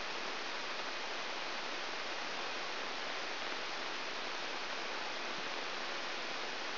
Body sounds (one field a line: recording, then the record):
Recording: brain microelectrode recording played as sound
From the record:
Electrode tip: outside the subthalamic nucleus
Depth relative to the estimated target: -6 mm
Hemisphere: right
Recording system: AlphaMap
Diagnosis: Parkinson's disease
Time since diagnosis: 13 years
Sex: male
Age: 63 years